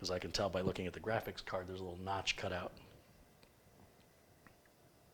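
A PCIe power cable connector is lined up with the notch on a graphics card's power socket while someone talks, then a few faint sharp handling ticks are heard after the talking stops. Nothing has seated or clicked yet.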